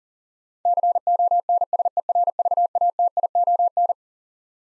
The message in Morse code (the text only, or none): CONSERVATION